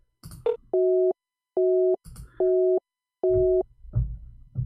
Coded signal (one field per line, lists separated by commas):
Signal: none